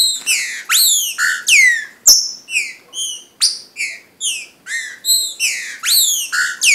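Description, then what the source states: Green-winged saltator song: rapid, loud whistled notes, mostly sharp downslurs with rich overtones, poured out about twice a second in a dense, continuous run. Brazil.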